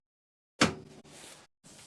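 A Ford Transit 10-way powered van seat is rotated on an aftermarket swivel plate back to the straight-ahead position, and the swivel's locking detent in the seat base clicks into place with a sharp, loud click at 0.6 s. Softer, broadband rustling follows until about 1.5 s and resumes briefly near the end. The seat is seated and locked straight ahead, unlike another swivel that lacks these detent clicks.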